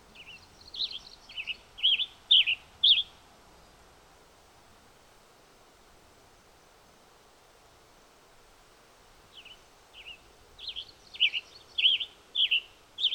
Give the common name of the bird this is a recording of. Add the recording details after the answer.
Western Tanager. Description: Western Tanager song recorded on the Bridal Veil Falls Trail in Rocky Mountain National Park. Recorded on 22 June 2015